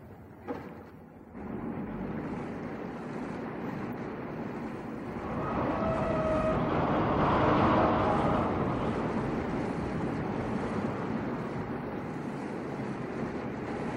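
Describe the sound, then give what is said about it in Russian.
A boat engine starts and runs steadily at full astern with a broad churning roar of water, swelling louder in the middle with a faint high whine, then settling back to a constant drone. “Заводи, Тимофей. Задний полный.”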